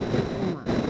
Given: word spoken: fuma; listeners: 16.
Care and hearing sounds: one Spanish word in noise, from a listening test; noise modulated by three-talker babble; -5.2 dB; 3 of 16; 6 of 16; 0.50 s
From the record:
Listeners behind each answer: 6, 3, 2, 2, 1, 1, 1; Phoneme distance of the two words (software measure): 24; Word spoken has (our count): 2 syllables, 4 phonemes, stress on syllable 1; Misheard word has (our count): 3 syllables, 6 phonemes, stress on syllable 2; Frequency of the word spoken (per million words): 4.21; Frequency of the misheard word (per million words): 8.86

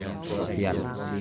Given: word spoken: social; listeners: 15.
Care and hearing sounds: one Spanish word in noise, from a listening test; eight-talker babble; -0.6 dB; 4 of 15; 7 of 15; 0.81 s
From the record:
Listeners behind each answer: 7, 4, 1, 1, 1, 1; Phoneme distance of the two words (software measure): 14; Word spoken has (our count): 2 syllables, 6 phonemes, stress on syllable 2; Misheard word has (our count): 3 syllables, 8 phonemes, stress on syllable 2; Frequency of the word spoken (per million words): 383.35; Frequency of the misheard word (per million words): 165.16

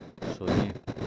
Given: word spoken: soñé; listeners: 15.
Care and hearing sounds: one Spanish word in noise, from a listening test; noise modulated by one talker; -7.1 dB; 3 of 15; 9 of 15; 0.67 s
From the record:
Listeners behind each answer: 9, 3, 2, 1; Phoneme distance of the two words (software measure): 10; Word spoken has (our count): 2 syllables, 4 phonemes, stress on syllable 2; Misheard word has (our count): 2 syllables, 4 phonemes, stress on syllable 2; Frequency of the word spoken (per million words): 3.29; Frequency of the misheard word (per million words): 0.01

